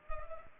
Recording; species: mosquito wingbeat signal from an infrared sensor; Culex pipiens